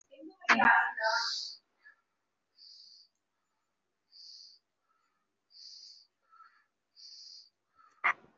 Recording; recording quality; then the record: shallow breathing; excellent, no background noise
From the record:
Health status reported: recovered from COVID-19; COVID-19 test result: positive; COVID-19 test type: RT-PCR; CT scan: not taken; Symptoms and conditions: cough, cold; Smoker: no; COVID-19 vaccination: one dose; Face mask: worn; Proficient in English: yes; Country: India